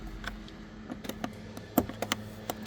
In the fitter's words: Click, click, and